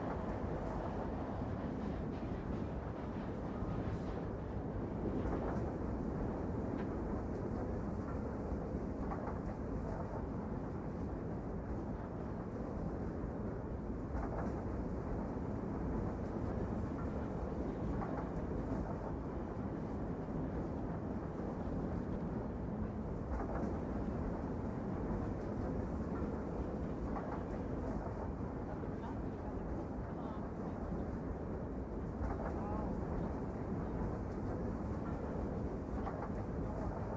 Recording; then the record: background sound without coughing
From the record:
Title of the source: Train Ride Ambience ambient white noise for sleeping, focus, studying, reading